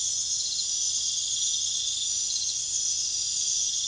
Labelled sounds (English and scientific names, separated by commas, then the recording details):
none
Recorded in pastures near Puerto Asís, Putumayo, Colombia, on 29 June 2025 at 01:30
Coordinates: 0.502, -76.324
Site G010